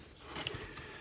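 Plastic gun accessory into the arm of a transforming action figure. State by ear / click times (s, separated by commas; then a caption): not seated / none. A plastic gun accessory is handled against the arm of a Transformers: Power of the Primes Leader Class Nemesis Prime action figure, being fitted as a wrist gauntlet weapon. Quiet plastic handling rises to a sharp, brief tick at 0.47 s and a softer knock at 0.78 s. Nothing has seated or clicked into place yet.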